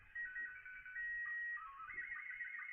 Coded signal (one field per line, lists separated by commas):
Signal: SSTV (slow-scan television)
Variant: Scottie 1